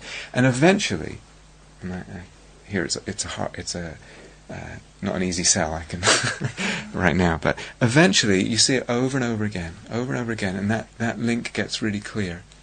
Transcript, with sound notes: And eventually, and here, it's a hard -- it's not an easy sell, I can... [laughs] right now, but eventually, you see it over and over again, over and over again, and that link gets really clear.